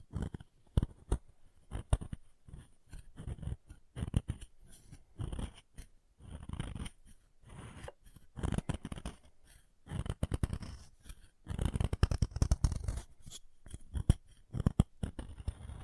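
Chalk is carved and cut in a rapid run of short scraping and clicking strokes, dense and uneven, with sharp ticks scattered throughout. The scraping comes in bursts, heaviest around twelve seconds, over a faint steady high whine in the background.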